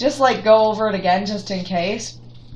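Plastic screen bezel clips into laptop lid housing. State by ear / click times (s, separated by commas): not seated / none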